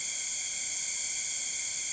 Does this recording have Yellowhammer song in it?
no